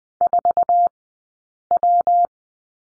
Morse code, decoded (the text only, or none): 4W